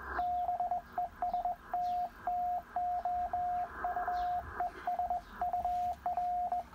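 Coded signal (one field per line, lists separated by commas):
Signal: Morse code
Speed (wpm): 19 wpm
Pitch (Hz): 720 Hz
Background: radio noise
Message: BEST TO U ES UR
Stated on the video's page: Final over of an SKCC QSO, sent on a Begali Sculpture Arrow key.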